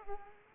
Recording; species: mosquito wingbeat signal from an infrared sensor; Aedes aegypti